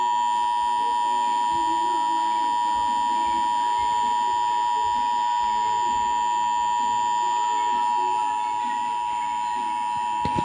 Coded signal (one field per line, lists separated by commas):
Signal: Emergency Alert System (SAME) tones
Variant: 853 and 960 Hz attention tone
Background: speech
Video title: EAS #69 Severe Thunderstorm Warning